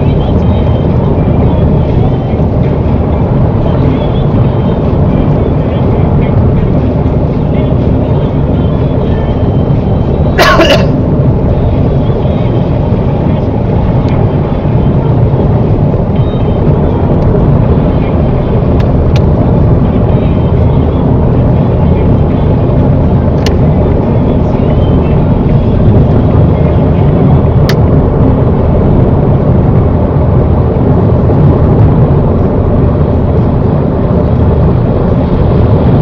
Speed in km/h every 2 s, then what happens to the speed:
92, 95, 93, 90, 92, 92, 93, 95, 97, 97, 97, 98, 101, 100, 98, 97, 95, 95.
0-7 steady at about 92. 7-23 speeds up to 101. 23-36 steady at about 97.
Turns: none.